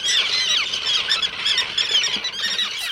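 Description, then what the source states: Tern colony: harsh, high, overlapping cries from many birds, a continuous scolding chorus with no pause. Nesting colony of common terns and endangered roseate terns on Faulkner Island off Guilford, Connecticut, Long Island Sound, during the annual nest count; angry cries warn intruders to keep out.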